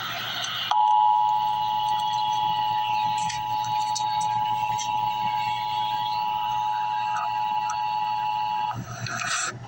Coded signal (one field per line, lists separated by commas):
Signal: Emergency Alert System (SAME) tones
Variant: 853 and 960 Hz attention tone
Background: speech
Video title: EAS Update - Heat Advisory - Jun 17, 2024 at 9:24 PM EDT